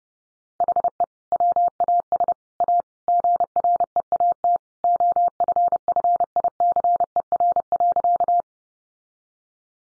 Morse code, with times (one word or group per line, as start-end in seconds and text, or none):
0.6-1.0 HE
1.3-2.3 WAS
2.6-2.8 A
3.1-4.6 GREAT
4.8-8.4 OFFICER.